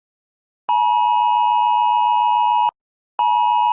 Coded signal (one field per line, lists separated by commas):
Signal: Emergency Alert System (SAME) tones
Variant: 853 and 960 Hz attention tone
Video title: Be advised: dont watch this video if your trying to stop watching EAS alarm videos